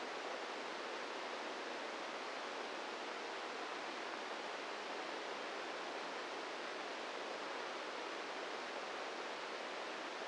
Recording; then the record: brain microelectrode recording played as sound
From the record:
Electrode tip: inside the subthalamic nucleus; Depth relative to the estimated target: -3 mm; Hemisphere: left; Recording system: NeuroSet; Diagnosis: Parkinson's disease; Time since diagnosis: 8 years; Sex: male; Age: 46 years